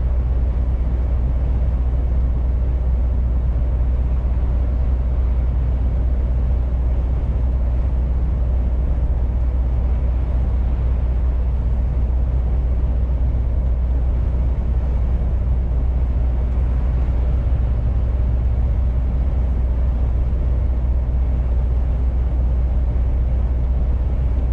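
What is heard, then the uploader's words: A truck's engine drones steadily throughout, a heavy low rumble with dense rough noise above it and no clear changes or separate events. Truck driver sound.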